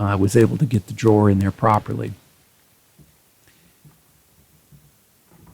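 Someone talks for about the first two seconds, then a drawer box is worked by feel onto the full extension drawer slides at the back of a blind corner face frame base cabinet, because the back can't be seen. The handling is quiet, with only faint soft taps and rubs. The drawer box has not snapped or clicked into place yet.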